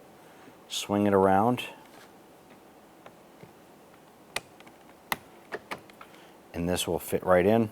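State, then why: Not seated. Someone talks while handling the ball-end door handle release cable on a 2015-2020 Cadillac Escalade, swinging it around toward its holder in the bracket on the back of the door handle. Between the speech, a few short, sharp ticks and taps come through, the strongest near 4.4 s and 5.1 s. The cable end has not clicked or locked into place yet.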